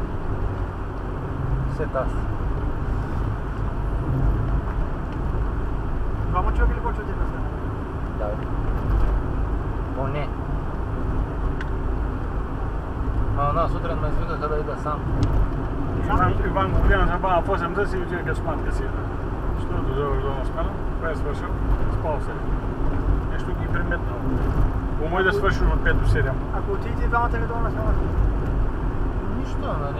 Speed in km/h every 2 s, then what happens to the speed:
70, 70, 69, 70, 70, 71, 71, 71, 68, 69, 69, 69, 67, 66, 67.
0-30 steady at about 69.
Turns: none.